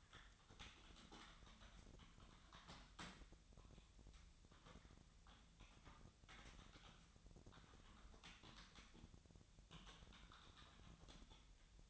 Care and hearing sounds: daily activity, microphone in the room; typing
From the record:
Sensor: 3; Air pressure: 1009.4 hPa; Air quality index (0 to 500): 196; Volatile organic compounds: 16 ppm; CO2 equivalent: 2552 ppm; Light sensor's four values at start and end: 36/89/38/41 and 36/89/38/41

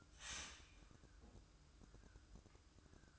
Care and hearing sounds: daily activity, microphone in the room; start toaster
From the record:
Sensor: 2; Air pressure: 1007.1 hPa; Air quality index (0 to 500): 41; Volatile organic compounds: 1 ppm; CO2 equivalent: 543 ppm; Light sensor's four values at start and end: 6/13/5/5 and 6/13/5/5

